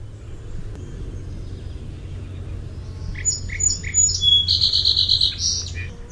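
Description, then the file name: Song sparrow song starting after a quiet spell: spaced clear notes, then a quick even trill of about seven notes and a short buzzy close, over low rumbling noise. "SOSP song"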